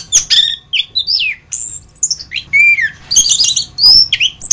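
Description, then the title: Thrush song, a brief sequence of varied whistled and slurred notes with some harsh squeaky elements. "Suara Burung Anis"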